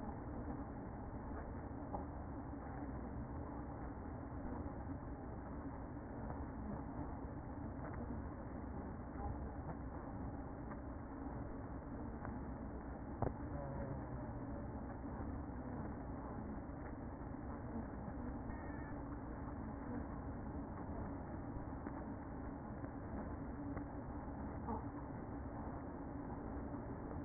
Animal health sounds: honeybee colony, microphone inside the hive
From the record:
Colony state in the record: queen present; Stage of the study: after two queens were removed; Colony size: about 60,000 bees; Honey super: yes

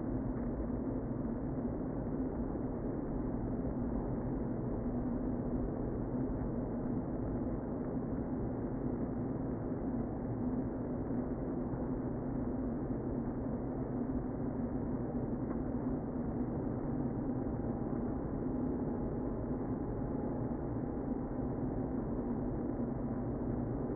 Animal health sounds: honeybee colony, microphone inside the hive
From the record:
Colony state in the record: queen present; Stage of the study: before two queens were removed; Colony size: about 60,000 bees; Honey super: yes

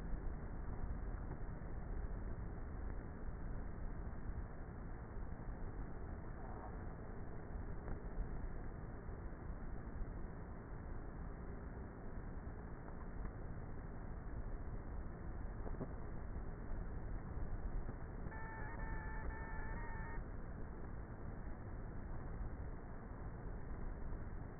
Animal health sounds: honeybee colony, microphone inside the hive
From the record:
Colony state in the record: queenless with a low population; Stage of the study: before two queens were removed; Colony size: about 30,000 bees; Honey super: no

